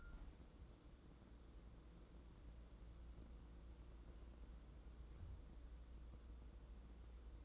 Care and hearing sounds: daily activity, microphone in the room; wipe stove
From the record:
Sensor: 3

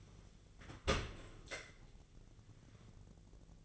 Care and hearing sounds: daily activity, microphone in the room; open dishwasher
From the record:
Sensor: 4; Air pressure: 1001.3 hPa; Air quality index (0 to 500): 183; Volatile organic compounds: 2 ppm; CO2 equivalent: 1308 ppm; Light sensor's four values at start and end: 12/28/12/12 and 13/30/12/13

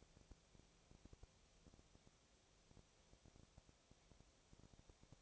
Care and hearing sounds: daily activity, microphone in the room; no activity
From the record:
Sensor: 1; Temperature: 19.6 degrees Celsius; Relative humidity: 36.5%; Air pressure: 997.1 hPa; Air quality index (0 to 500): 204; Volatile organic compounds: 129 ppm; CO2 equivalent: 3922 ppm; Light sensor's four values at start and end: 1/2/1/1 and 1/2/1/1

